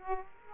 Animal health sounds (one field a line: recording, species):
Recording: mosquito wingbeat signal from an infrared sensor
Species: Aedes aegypti